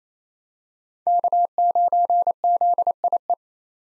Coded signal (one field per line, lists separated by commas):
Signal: Morse code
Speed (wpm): 28 wpm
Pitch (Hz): 700 Hz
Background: none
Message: K9ZIE